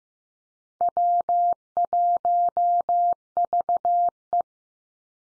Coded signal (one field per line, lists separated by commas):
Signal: Morse code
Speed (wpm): 15 wpm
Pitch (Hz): 700 Hz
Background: none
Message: W1VE